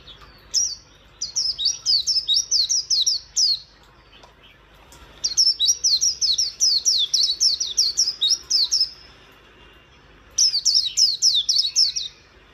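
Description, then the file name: White-eye singing three separate phrases of rapid, high, tinkling chirps, each lasting a few seconds with quiet gaps between. "Zosterops"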